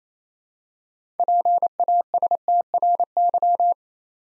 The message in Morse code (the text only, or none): PASTRY